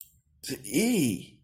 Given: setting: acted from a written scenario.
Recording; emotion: vocal sound without words; negative surprise